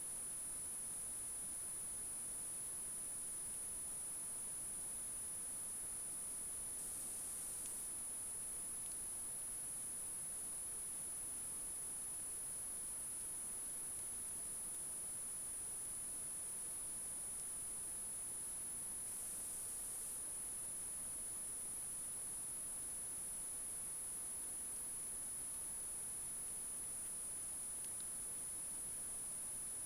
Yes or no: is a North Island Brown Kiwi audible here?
no